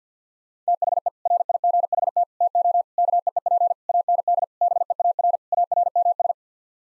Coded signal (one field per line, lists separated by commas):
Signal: Morse code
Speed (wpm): 50 wpm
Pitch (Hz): 700 Hz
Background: none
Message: THE RIGHT TO KEEP AND BEAR ARMS